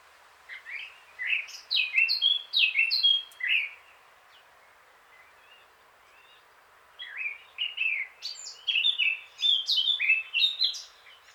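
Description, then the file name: Eurasian blackcap singing twice: scratchy, hurried warbling mixed with clear, fluty whistles, with a quiet gap of about three seconds between the songs. "Sylvia atricapilla"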